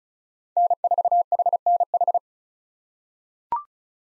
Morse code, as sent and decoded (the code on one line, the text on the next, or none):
-. ....- .... -. ....
N4HNH